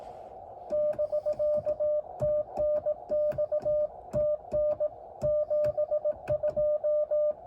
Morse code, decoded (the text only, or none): <BK> TNX TN 72